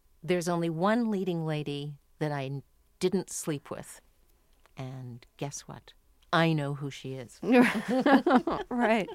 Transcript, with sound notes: there's only one leading lady that I didn't sleep with. And guess what? I know who she is.
(LAUGHTER) Right.